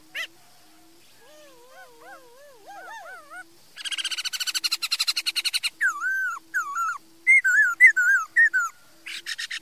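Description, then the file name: Laughingthrush song opening with soft wavering whistles, then a fast run of short notes followed by loud slurred, warbling whistles. "Tieng khuou hot"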